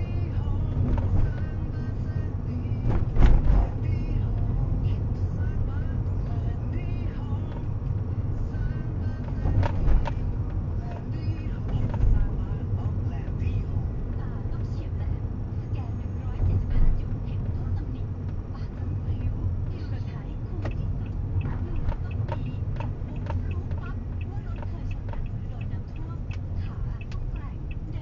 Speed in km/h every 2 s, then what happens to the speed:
27, 27, 31, 33, 34, 33, 32, 30, 31, 30, 27, 27, 26, 18.
0-9 speeds up to 34. 9-23 steady at about 30. 23-28 slows to 18.